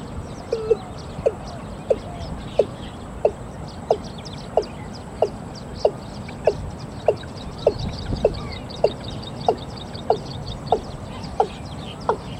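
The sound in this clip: Watercock delivering a long run of short clipped notes, with faint bird chatter behind.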